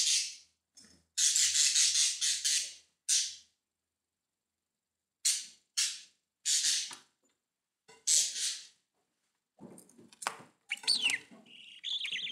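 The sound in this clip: Budgerigar calls: harsh, scratchy bursts in short clusters with silent gaps, then softer chatter and a few thin whistled sweeps near the end.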